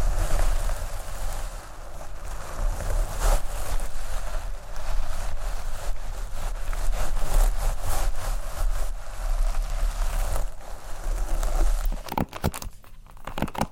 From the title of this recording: Hair Play, Brushing, Scratching, Combing